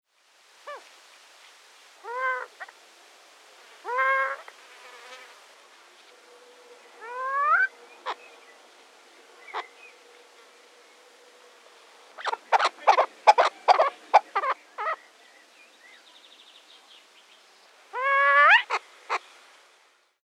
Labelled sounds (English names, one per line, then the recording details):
Rock Partridge
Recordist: Tembrock, Günter
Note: Paar: Kontaktlaute